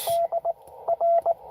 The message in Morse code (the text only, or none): DR